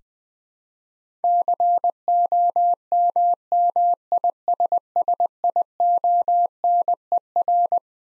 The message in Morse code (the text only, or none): COMMISSIONER